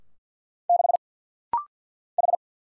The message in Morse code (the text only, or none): 6 H